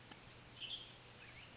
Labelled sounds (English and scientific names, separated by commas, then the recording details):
Western Tanager (Piranga ludoviciana)
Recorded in Sonoma County, California